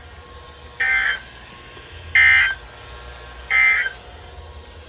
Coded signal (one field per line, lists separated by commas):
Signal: Emergency Alert System (SAME) tones